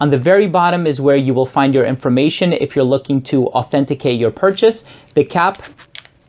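A cap is being handled at a glass fragrance bottle while someone talks, with two brief faint taps near the end of the clip. The cap has not clicked or seated onto the bottle yet.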